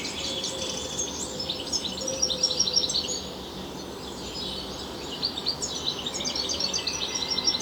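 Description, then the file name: European goldfinch twittering in waves of rapid high chirps and buzzy notes, with a steady low hum behind. "Carduelis carduelis"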